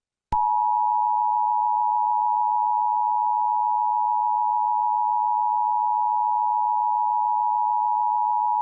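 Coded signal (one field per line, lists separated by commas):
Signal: Emergency Alert System (SAME) tones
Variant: 853 and 960 Hz attention tone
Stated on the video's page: Fictional EAS alarm tied to a game.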